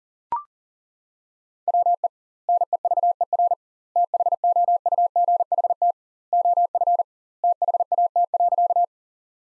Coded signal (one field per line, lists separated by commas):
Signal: Morse code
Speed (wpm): 40 wpm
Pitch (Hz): 700 Hz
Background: none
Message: WE NEVER THOUGHT OF THAT.